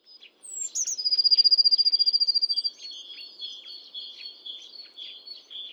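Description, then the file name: Eurasian blue tit opens with a high sliding note, then a quick, steady trill, followed by softer chirping notes. "Cyanistes caeruleus"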